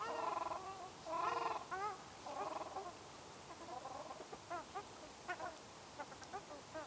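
Ruddy shelduck calling with two loud, nasal, drawn-out honks, then a scattered series of shorter, softer clipped notes.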